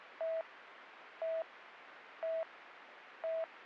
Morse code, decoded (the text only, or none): none